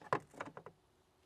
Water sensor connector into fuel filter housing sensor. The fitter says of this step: just so the water sensor is active we'll hear a click